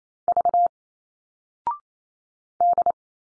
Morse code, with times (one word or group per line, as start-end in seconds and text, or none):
0.3-0.7 V
2.6-2.9 D